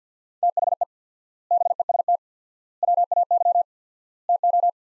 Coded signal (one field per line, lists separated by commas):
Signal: Morse code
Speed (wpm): 47 wpm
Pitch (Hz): 700 Hz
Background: none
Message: THE BEST WAY TO